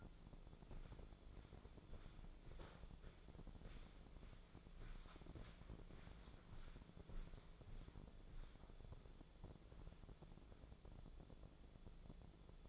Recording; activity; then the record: daily activity, microphone in the room; walk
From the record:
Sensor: 5